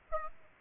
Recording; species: mosquito wingbeat signal from an infrared sensor; Aedes aegypti